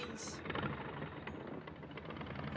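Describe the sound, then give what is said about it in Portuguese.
A motorcycle engine runs steadily with a low, rough idling rumble that stays loud throughout, opening with a brief bright hiss in the first half second. “Nossa, sua moto é bonita.”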